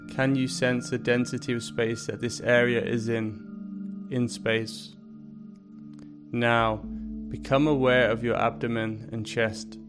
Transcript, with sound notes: Can you sense the density of space that this area is in... in space? [Pause 5 seconds] Now, become aware of your abdomen and chest.